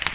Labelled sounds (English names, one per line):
Magnolia Warbler flight call